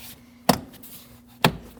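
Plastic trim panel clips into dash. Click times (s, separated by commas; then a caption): 0.5 s, 1.5 s. A plastic trim panel under the dash of a 2012-2016 Honda CR-V is pressed into place after an HVAC blower motor assembly replacement, and its plastic clips snap into the holes. Two sharp clicks are heard at 0.5 s and 1.5 s as the clips seat, with a faint rustle between them.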